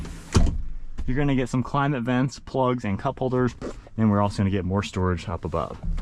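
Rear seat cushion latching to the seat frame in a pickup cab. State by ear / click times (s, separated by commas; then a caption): seated / 0.4 s. In the rear cab of a 2025 Chevrolet Silverado LT Trail Boss Z71 pickup, the rear bench seat cushion is lifted and latches to the seat frame with a single sharp hit at 0.4 s, locking in the raised position to open up a flat cargo floor. Someone then talks for the rest of the clip. The seat bottom is locked into place.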